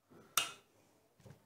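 A plastic finishing trim cover is fitted back onto the swingarm area of a motorcycle's rear suspension after the swingarm has been greased. A single sharp snap is heard at 0.4 s, followed by a faint low thump near 1.3 s. The cover seats into place.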